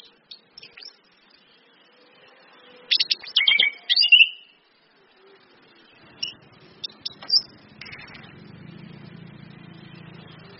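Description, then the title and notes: Orange-headed thrush song, a burst of varied high whistled and chattering phrases around four seconds, then scattered shorter notes over a low hum. Indonesian training lure ('pancingan') of clear 'ngeplong' song with female whistles ('suitan betina'), meant to make birds sing eagerly ('gacor'). "PANCINGAN anis kembang ngeplong dan SUITAN BETINA. Masteran Anis Kembang"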